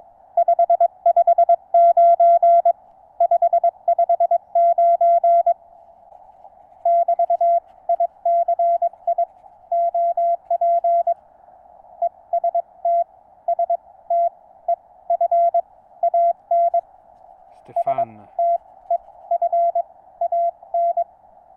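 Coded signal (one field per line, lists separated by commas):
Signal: Morse code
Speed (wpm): 22 wpm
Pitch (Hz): 680 Hz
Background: none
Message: 559 559 <BT> ICI OP EST STEFAN STEFAN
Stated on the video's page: Morse contact in French on 80m using NVIS propagation with a low-slung wire antenna.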